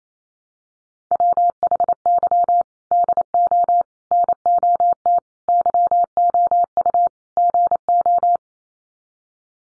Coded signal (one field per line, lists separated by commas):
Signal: Morse code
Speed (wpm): 28 wpm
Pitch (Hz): 700 Hz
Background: none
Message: WHY DO NOT YOU GO